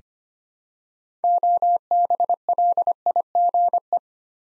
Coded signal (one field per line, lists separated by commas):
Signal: Morse code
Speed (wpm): 25 wpm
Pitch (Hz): 700 Hz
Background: none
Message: OBLIGE